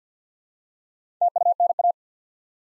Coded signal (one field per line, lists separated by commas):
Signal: Morse code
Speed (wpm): 53 wpm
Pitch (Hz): 700 Hz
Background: none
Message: TUNA